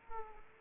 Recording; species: mosquito wingbeat signal from an infrared sensor; Aedes aegypti